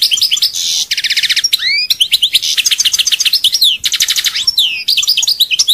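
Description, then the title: European goldfinch singing loudly and continuously: fast rattled trills, sweeping slurred whistles and sharp chirps run together with barely a pause. "Chant Chardonneret"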